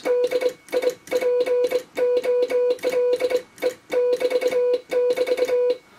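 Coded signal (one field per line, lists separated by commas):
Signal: Morse code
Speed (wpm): 22 wpm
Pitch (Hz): 500 Hz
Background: none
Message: DIPOLE <BT><BT>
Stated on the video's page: Morse from a homebrew all-tube 10 W QRP transceiver on 80m, powered by a cheap inverter.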